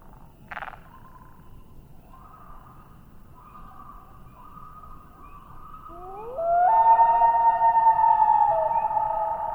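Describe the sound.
Common loon with a short knock, then a long, quiet, steady note, followed by a rising, loud, drawn-out wail that holds steady to the end.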